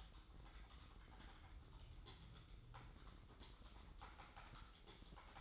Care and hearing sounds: daily activity, microphone in the room; typing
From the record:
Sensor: 3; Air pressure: 995.3 hPa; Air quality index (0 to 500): 78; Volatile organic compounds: 6 ppm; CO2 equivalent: 1845 ppm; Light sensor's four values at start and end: 18/55/23/20 and 18/55/23/20

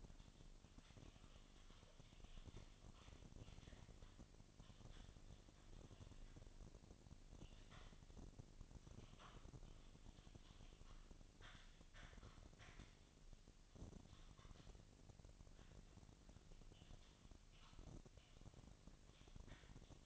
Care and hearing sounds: daily activity, microphone in the room; typing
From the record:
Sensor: 4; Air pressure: 1000.0 hPa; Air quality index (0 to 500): 230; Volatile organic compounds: 30 ppm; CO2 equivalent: 2967 ppm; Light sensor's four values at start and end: 9/21/8/8 and 9/21/8/8

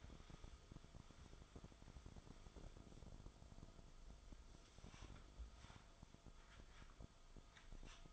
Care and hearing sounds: daily activity, microphone in the room; wipe stove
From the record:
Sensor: 5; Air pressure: 1004.9 hPa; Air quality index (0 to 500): 105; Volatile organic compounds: 2 ppm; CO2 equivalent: 1279 ppm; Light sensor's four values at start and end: 33/72/30/31 and 33/75/31/31

